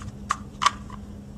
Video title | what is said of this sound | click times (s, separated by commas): Nôi cũi siêu nhẹ pack n play playard with newborn napper station - kidsplaza.vn | and then pushing it down into place and it'll snap into place there we go | 0.3 s